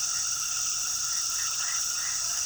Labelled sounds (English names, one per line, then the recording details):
none
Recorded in pastures near Puerto Asís, Putumayo, Colombia, on 19 February 2024 at 21:30
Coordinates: 0.466, -76.323
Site G6384